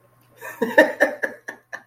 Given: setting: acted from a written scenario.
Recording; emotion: vocal sound without words; elation